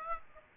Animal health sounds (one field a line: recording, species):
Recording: mosquito wingbeat signal from an infrared sensor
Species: Aedes aegypti